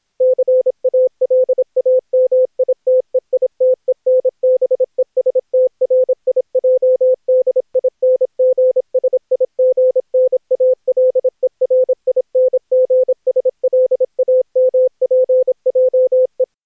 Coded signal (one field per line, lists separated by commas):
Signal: Morse code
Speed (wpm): 26 wpm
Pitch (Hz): 500 Hz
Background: none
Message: CALAMITEITENBESTRIJDINGSIGNALERINGSLAMPJE